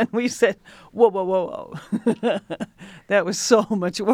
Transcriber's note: laughter